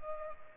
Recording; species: mosquito wingbeat signal from an infrared sensor; Culex pipiens